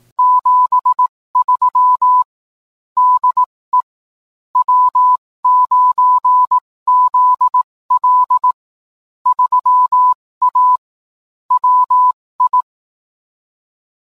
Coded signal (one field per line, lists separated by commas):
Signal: Morse code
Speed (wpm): 18 wpm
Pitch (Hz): 1000 Hz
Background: none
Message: 73 DE W9ZL 3A WI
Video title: Fox Cities Amateur Radio Club Field Day 2014